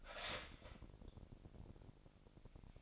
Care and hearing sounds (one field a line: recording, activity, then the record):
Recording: daily activity, microphone in the room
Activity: start toaster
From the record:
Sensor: 5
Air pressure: 1007.3 hPa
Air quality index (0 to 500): 131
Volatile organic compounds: 2 ppm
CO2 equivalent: 997 ppm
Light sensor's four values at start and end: 25/58/24/24 and 25/58/24/24